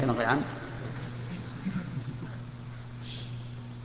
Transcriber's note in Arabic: ضحك الحضور